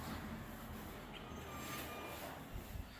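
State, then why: Not seated. A garage entry door on a spring-loaded hinge is opened and let swing closed, but its latch fails to catch, blamed on a weak spring hinge. Only a steady low rumble is heard, with a couple of soft low bumps near the end, and no latch has clicked or seated.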